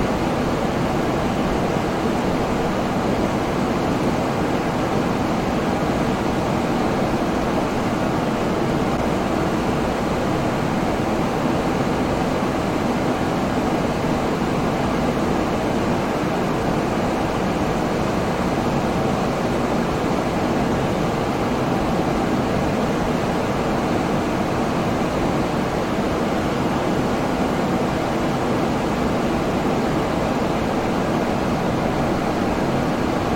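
A fan whirs in a steady, dense rush with a low hum underneath and a faint airy hiss on top, unchanging from start to finish.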